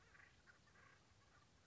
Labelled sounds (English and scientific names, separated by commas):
Acorn Woodpecker (Melanerpes formicivorus)